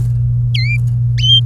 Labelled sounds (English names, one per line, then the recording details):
Domestic Canary song
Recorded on 24 April 2018 at 10:50
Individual llb3